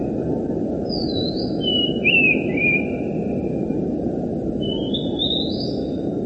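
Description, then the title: Bird whistles: three brief phrases of thin, wavering notes, two falling and one rising, heard over loud, constant low-pitched background noise. "burung"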